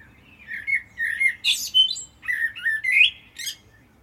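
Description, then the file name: Common blackbird song: low whistled notes mixed with bursts of high, scratchy twittering. "Turdus merula"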